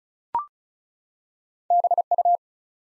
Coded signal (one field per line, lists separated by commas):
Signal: Morse code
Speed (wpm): 36 wpm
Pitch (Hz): 700 Hz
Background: none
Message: BU